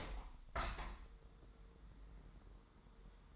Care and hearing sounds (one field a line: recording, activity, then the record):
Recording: daily activity, microphone in the room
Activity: open window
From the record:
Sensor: 3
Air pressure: 999.9 hPa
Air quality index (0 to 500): 226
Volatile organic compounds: 97 ppm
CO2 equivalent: 3736 ppm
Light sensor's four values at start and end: 9/22/9/9 and 10/23/9/9